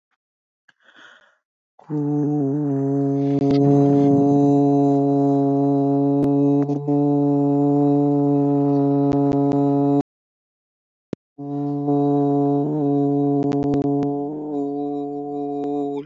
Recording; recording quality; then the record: sustained vowel as in boot; excellent, no background noise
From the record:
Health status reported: healthy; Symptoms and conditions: none ticked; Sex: male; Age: 23 years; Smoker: not ticked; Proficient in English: yes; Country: India